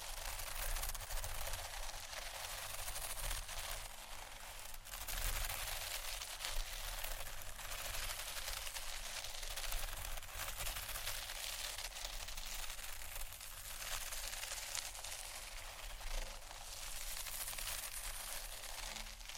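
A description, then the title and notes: Crinkly textured bags rustle and crackle without pause, a dense, bright scratching spread across the whole range. The handling stays fairly even in level, with brief louder crunches around five seconds and near sixteen seconds, over a faint low rumble beneath. ASMR 4 Textured Bags 1 Hour（No Talking）.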